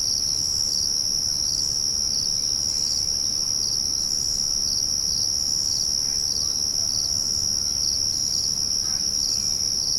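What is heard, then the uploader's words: Steady, dense insect trilling at dawn in the woods, a bright, unbroken high chorus over a faint low rumble, with scattered bird calls. Sunrise in the Woods.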